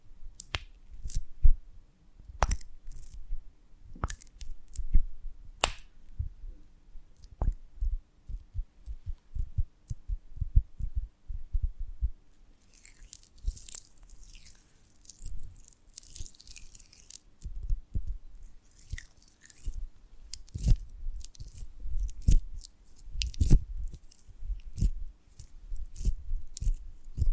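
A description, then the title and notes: Close-up ASMR of honeycomb on a branch: sharp, irregular crunches and sticky snapping sounds come every second or so. Around the middle and again near the end, a denser stretch of crackling and wet clicking fills in, over a low steady hum. ASMR of a Honeycomb on Branch (No Talking).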